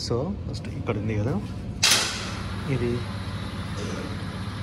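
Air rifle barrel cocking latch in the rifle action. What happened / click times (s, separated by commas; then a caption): Handled, not yet home: rifle action handled before cocking catches / none. Someone talks while handling an air rifle, beginning to break open the barrel to cock it against the cocking latch in the rifle action. A sharp, loud handling sound hits at about 1.8 s amid the speech. The clip ends before the mechanism catches, and nothing has seated or clicked yet.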